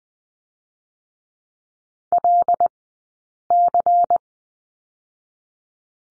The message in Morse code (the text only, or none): LC